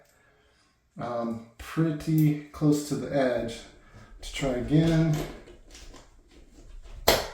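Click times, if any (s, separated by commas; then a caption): 7.1 s. Someone talks while a spring toggle bolt is pushed into a hole in drywall on a second try. A sharp click is heard at 7.1 s as only one of the toggle's two wings springs open, so the anchor is only partly set.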